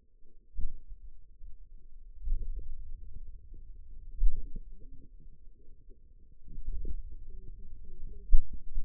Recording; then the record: forearm muscle sounds (acoustic myography)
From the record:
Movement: pen grasping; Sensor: system 2, bracelet of six BSWA MPA416 microphones around the upper forearm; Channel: 3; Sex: female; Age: 21 years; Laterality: right